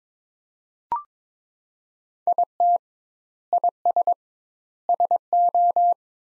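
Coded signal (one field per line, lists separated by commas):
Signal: Morse code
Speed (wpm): 22 wpm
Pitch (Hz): 700 Hz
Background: none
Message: IT IS SO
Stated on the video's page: Practice sentences from top 300 words at 22 wpm with double word spacing, a word-level Farnsworth-like method.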